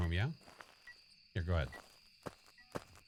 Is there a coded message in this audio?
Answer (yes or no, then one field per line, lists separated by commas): no